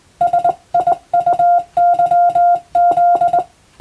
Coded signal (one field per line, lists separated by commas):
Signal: Morse code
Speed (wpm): 20 wpm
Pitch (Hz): 700 Hz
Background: none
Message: SIUYZ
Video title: そうだ！今年はYouTubeでモールス信号をマスターしよう！スマホ全盛の今でも行われているモールスの国家試験の練習風景です。アマチュア無線の受信練習にどうぞ(morse code practice )